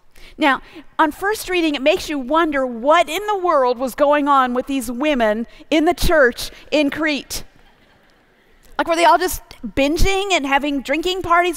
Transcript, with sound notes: Now, on first reading it, it makes you wonder what in the world was going on with these women in the church in Crete. (laughter) Like, were they all just binging and having drinking parties?